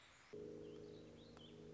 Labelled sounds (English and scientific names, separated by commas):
Warbling Vireo (Vireo gilvus)